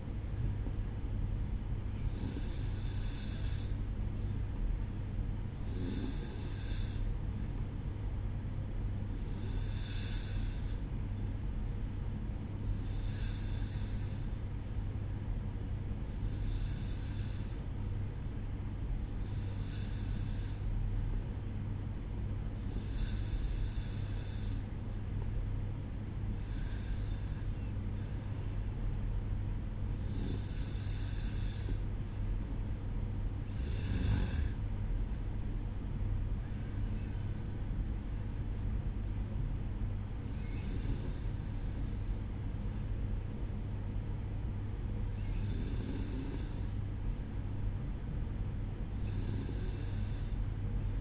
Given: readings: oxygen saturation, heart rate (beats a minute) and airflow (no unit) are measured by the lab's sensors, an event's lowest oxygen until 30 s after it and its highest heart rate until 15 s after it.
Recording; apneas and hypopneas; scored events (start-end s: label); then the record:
breathing in sleep by a smartphone at the bedside; none
2.00-51.01 s: new sleep stage, N2 (light sleep)
From the record:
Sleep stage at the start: N1 (lightest sleep); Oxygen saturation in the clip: 92 to 94%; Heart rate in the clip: 60 to 68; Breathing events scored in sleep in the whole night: 305 in 9.6 hours asleep